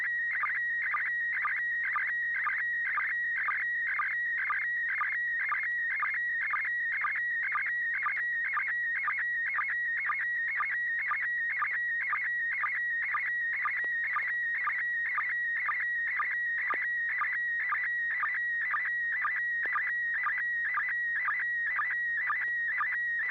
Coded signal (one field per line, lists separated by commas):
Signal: SSTV (slow-scan television)